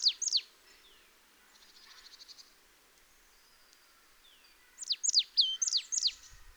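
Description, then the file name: Marsh tit calling, high, steeply falling notes in two clusters with a faint trill between them. "Poecile palustris"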